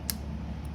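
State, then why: Released. The hinged metal cover on a braille pocket watch case is flipped up and clicks open. A single short, sharp click is heard at 0.1 s over a steady low hum, and the cover is released open.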